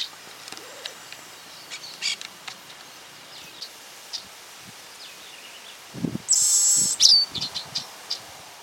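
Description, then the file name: Meadowlark song: a few short notes, then a loud, high buzz lasting under a second, followed by a short note. Faint chirps and rustling fill the background. "Voz Pecho colorado"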